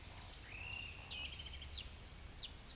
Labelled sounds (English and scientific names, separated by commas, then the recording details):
Eurasian Woodcock (Scolopax rusticola) whistle, Eurasian Woodcock (Scolopax rusticola) croak
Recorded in Baden-Württemberg, Germany, on 10 May 2021 at 19:20 UTC
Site 24606, 635 m above sea level